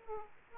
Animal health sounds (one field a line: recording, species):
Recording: mosquito wingbeat signal from an infrared sensor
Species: Aedes aegypti